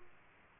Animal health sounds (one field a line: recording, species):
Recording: mosquito wingbeat signal from an infrared sensor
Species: Aedes aegypti